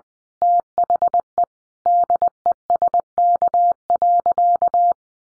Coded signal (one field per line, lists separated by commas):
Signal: Morse code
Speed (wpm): 20 wpm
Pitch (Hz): 700 Hz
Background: none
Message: THE DESK.